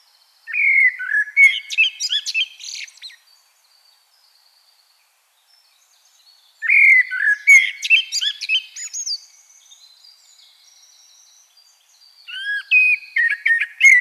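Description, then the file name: Common blackbird repeating melodious warbled phrases about every six seconds, each closing with shrill twittering; faint high chirps fill the pauses. "Turdus merula"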